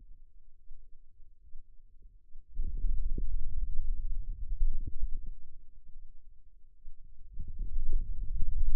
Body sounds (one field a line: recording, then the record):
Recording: forearm muscle sounds (acoustic myography)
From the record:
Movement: hand closing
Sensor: system 2, bracelet of six BSWA MPA416 microphones around the upper forearm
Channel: 1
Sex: male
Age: 22 years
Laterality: right